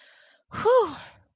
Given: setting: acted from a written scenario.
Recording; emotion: vocal sound without words; relief